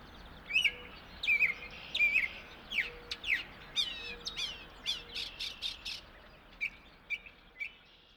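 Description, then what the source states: Northern Mockingbird song, a varied run of sharp chirps, buzzy notes and quick whistled phrases, each repeated a few times, over a soft steady rush of flowing water. Singing in an apple tree at a place called Magic Meadow at the end of a morning exploration, with a small stream rushing in the background.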